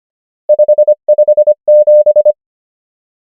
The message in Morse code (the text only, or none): 5 5 7